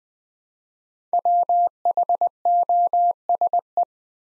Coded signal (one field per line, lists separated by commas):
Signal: Morse code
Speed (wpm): 20 wpm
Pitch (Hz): 700 Hz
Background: none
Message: WHOSE